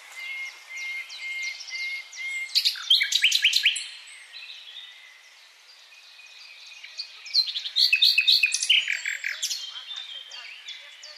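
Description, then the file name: Common nightingale song: a run of repeated high chirps, then a burst of sharp rapid notes, a quieter stretch, and another loud phrase of stacked trills and chattering notes. "Luscinia megarhynchos"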